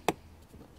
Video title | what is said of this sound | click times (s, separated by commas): Smart ForFour Seat Removal Cover Height Lever Change Full Guide | and there you heard the click yeah mhm good that's in position now | 0.1 s